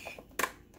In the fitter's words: You heard it? Yeah. Click.